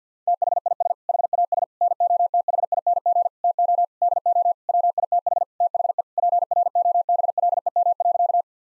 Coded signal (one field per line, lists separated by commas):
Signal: Morse code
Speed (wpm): 50 wpm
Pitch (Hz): 700 Hz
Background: none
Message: THIS HAS NOTHING TO DO WITH THE PROBLEM.